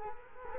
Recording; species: mosquito wingbeat signal from an infrared sensor; Culex quinquefasciatus